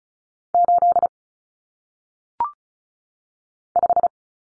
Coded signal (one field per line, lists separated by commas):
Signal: Morse code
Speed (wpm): 36 wpm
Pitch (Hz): 700 Hz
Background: none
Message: 8 5